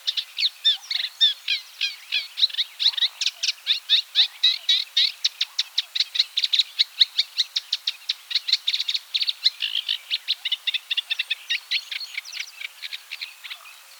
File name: Teichrohrsaenger Acrocephalus scirpaceus